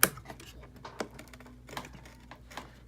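A second RAM stick is pushed into its motherboard memory slot and seats with a sharp, loud snap at 0.0 s. Fainter clicks and taps follow around 1.0, 1.2, 1.8 and 2.6 s over a low background hum. The stick is fully seated.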